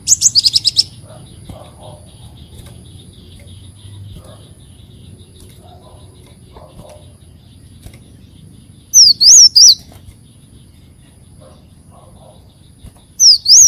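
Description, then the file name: Leafbird song in short bursts: a quick series of high notes at the start, then long quiet gaps broken by two runs of sharp, zigzagging whistles. "Tieng chim xanh tim"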